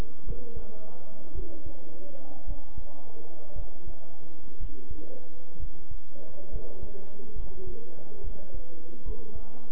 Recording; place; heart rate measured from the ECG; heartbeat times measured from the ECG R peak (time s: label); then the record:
heart sounds by stethoscope; between the tricuspid and mitral areas; 61 bpm
0.26 s: heartbeat
1.35 s: heartbeat
2.47 s: heartbeat
3.55 s: heartbeat
4.60 s: heartbeat
5.59 s: heartbeat
6.52 s: heartbeat
7.36 s: heartbeat
8.23 s: heartbeat
9.05 s: heartbeat
From the record:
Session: bicycle stress test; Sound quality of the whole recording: good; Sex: male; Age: 23 years